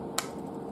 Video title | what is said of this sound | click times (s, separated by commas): Buck Edgetek Ultra Flipstik Diamond Sharpening Rod Unboxing - 1st Impressions | and you'll hear it click | 0.2 s